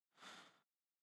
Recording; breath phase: one breath near a microphone; inhalation